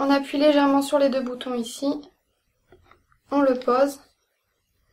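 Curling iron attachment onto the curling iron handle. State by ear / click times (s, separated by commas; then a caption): not seated / none. Someone talks while lining up an interchangeable attachment on a hair curling iron handle, lightly pressing the two buttons and setting the attachment on. After a pause, faint handling taps come at about 2.7, 2.9 and 3.1 seconds, then the talking resumes. The attachment has not clicked or seated yet when the clip ends.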